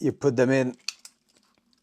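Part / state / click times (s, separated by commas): plastic diving lip into metal fishing lure body / seated / 1.1 s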